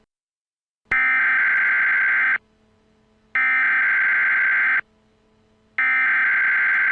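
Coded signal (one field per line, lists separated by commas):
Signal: Emergency Alert System (SAME) tones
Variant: header bursts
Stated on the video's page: Fictional EAS scenario.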